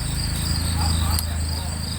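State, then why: Seated. The other end of a Racechip GTS tuning-box wiring harness is plugged into an engine sensor connector and clicks into place at 1.2 s, a short sharp snap over a steady low rumble and constant high-pitched buzzing. The harness connector is seated.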